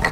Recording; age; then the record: pig call; piglet (1 to 25 days)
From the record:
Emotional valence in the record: positive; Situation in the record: reunion after long isolation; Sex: male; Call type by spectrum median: low-frequency call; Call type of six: low-frequency tonal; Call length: 0.12 s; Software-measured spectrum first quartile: 465 Hz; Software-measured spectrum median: 1250 Hz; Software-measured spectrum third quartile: 2089 Hz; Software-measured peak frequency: 1939 Hz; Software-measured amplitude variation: 173 dB a second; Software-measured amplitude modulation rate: 8.5 a second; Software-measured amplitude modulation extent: 20.2 dB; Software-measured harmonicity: 1.1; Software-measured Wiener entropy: -1.14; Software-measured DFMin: 885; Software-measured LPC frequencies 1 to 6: 853, 1939, 3635, 4302, 5049, 5942 Hz